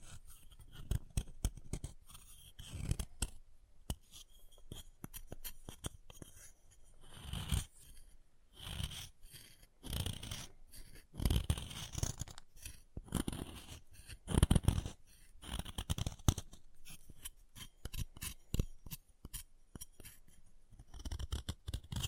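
Chalk being carved and cut, with dense bursts of short, crisp scraping and snipping strokes that come in quick clusters throughout. Brief pauses separate the runs of cuts, and the scratchy texture stays bright with occasional louder, sharper strokes near the middle.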